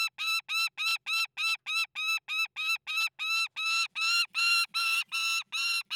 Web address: GDC 2019-Game Audio Bundle Soundmind. Saker Falcon (Tosia) - Call, Squawk Screech Scream Cry, High Nervous